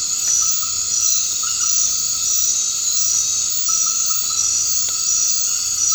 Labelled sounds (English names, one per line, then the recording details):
none
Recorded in dense forest near Puerto Asís, Putumayo, Colombia, on 24 March 2025 at 19:30
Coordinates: 0.485, -76.318
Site G056